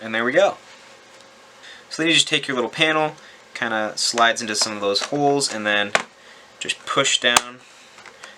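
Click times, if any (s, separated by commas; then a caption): 8.1 s, 8.2 s. A small plastic access panel on the bottom of a 2018 Acer Nitro 5 laptop is hooked into its holes and pushed down while someone talks. Two soft clicks at 8.1 s and 8.2 s mark the panel's clips engaging, and the panel is seated.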